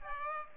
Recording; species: mosquito wingbeat signal from an infrared sensor; Aedes aegypti